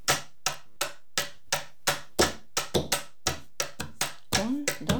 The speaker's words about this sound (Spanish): Hoy vamos a seguir probando hacer dos golpes con una mano sobre la mesa, y con la otra, por ejemplo con una birome o lápiz, hacemos tres al mismo tiempo.